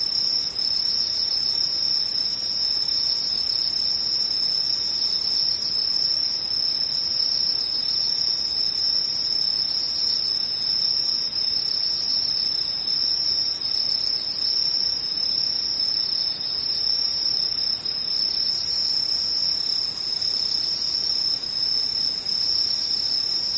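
Insects trill without a break for the whole recording, a thin, high, shrill tone that never lets up, with faint pulsing flickers above it. The loudness stays level throughout, and only a soft, low hiss lies underneath.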